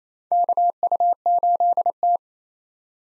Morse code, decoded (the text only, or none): KU8T